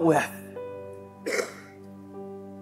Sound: clears throat